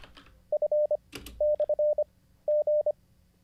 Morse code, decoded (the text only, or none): F/G